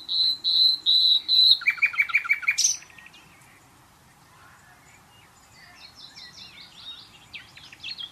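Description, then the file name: Common nightingale song: pure, drawn-out whistled notes repeated several times, then a fast, throbbing trill, a pause, and soft high chirps. "Luscinia megarhynchos"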